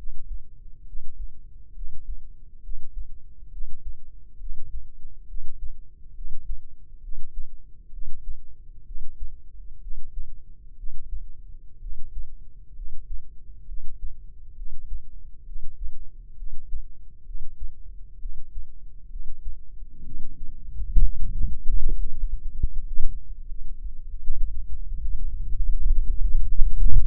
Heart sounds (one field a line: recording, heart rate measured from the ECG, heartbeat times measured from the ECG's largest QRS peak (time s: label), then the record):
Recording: heart sounds by microphone in the left ear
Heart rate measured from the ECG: 69 bpm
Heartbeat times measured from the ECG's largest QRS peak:
0.85 s: heartbeat
1.73 s: heartbeat
2.61 s: heartbeat
3.50 s: heartbeat
4.38 s: heartbeat
5.26 s: heartbeat
6.13 s: heartbeat
7.00 s: heartbeat
7.90 s: heartbeat
8.83 s: heartbeat
9.79 s: heartbeat
10.75 s: heartbeat
11.79 s: heartbeat
12.73 s: heartbeat
13.65 s: heartbeat
14.54 s: heartbeat
15.44 s: heartbeat
16.35 s: heartbeat
17.23 s: heartbeat
18.18 s: heartbeat
19.08 s: heartbeat
20.03 s: heartbeat
21.00 s: heartbeat
21.94 s: heartbeat
22.71 s: heartbeat
23.46 s: heartbeat
24.19 s: heartbeat
24.87 s: heartbeat
25.53 s: heartbeat
26.19 s: heartbeat
26.84 s: heartbeat
From the record:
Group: healthy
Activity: breath hold 0-23 s, rest 23-27 s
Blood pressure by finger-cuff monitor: 114/74 mmHg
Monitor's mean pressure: 87 mmHg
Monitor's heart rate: 67 bpm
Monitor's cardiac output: 5.3 L/min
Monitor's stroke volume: 80 mL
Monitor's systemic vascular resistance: 1160 dyn s/cm5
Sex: female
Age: 22 years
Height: 160 cm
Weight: 45 kg